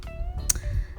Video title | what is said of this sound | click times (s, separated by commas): GOPRO HERO 8 VLOGGING SET UP USING ULANZI G8-9 CASE - PHILIPPINES | Yan. Pagka nyo guys, pagka lock nyo yan, may pitik | 0.5 s